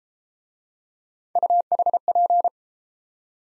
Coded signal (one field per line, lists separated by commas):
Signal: Morse code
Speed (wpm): 33 wpm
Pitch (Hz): 700 Hz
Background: none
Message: UHP